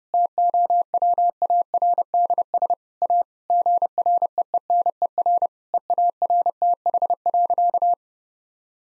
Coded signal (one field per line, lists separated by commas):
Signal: Morse code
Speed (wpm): 32 wpm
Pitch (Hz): 700 Hz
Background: none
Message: TOWARDS A GREENER EARTH.